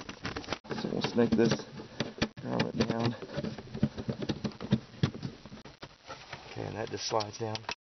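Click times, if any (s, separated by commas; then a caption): none. A grommet is fed down and a shifter cable end is slid down toward its bracket under the console while replacing a broken shifter cable on a Trailblazer/Envoy that won't shift into park. Someone talks over scattered light handling taps and rustles. Nothing has seated or clicked yet.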